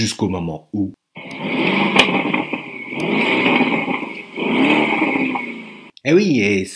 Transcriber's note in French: bruit de moteur